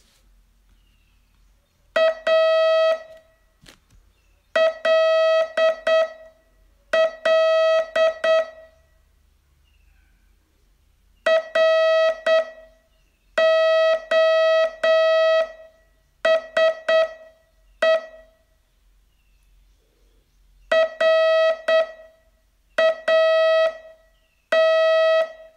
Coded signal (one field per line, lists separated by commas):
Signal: Morse code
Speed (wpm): 8 wpm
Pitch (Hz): 650 Hz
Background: none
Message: A LL ROSE RAT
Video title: Learn Morse in 42 Days from VU2LAU - day 25 test